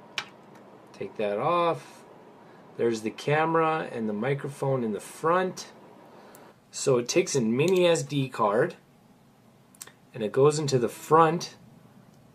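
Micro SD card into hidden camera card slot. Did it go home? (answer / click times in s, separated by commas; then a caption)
yes / 9.8 s. Someone talks while a 4 gigabyte micro SD memory card is pushed into the front card slot of a small plastic hidden camera. A sharp click sounds at 9.8 s as the card snaps into place and seats.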